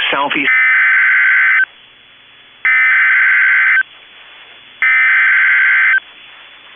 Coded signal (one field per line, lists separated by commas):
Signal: Emergency Alert System (SAME) tones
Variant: header bursts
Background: speech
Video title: EAS Mini-Timeline Minnesota State Fair Storms, Flooding and an AMBER Alert NOAA Weather Radio